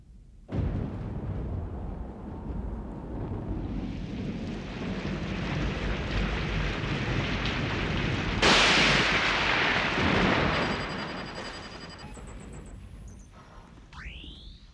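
A night thunderstorm: a steady roar of heavy rain with deep rumbling thunder, broken by a sudden loud crack of thunder partway through, before the storm noise fades and thin tones drift in at the end.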